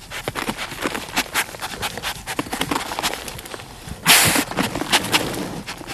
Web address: giant anteater